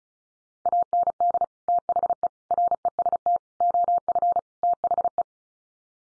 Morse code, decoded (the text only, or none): AND THE REST OF THE